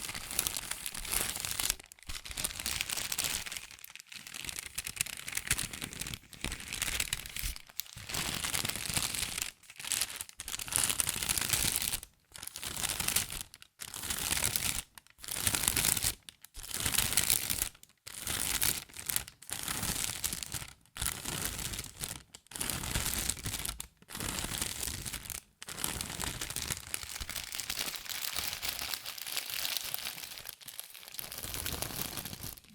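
Fast tapping, scratching and tracing on cardboard and paper, dense crinkly strokes in bursts broken by brief silences every second or two.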